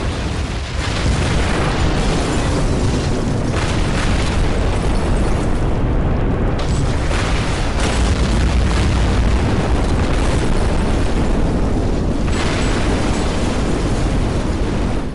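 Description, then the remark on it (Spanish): A naval broadside of 24 heavy cannon shots from British battleships, guns level at 0 degrees, firing 381 mm shells at an Italian ship, with deep booming blasts overlapping into a loud, continuous rumbling roar that swells and dips irregularly for about fifteen seconds, with no voices. “Llegados a ese punto, y con los cañones británicos con elevación 0 grados, es decir, completamente horizontales por tener al enemigo tan cerca, 24 estruendosos cañonazos quebraron el silencio reinante.”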